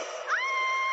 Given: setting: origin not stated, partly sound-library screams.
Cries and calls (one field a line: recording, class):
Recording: one-second piece from a danger detection set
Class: woman in danger